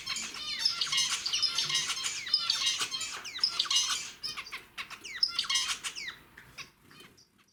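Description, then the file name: Zebra finch song: dense runs of harsh, nasal, buzzy notes with quick chirps, delivered in rapid bursts that thin out and fade near the end. "pesnya zebrovoi amadiny"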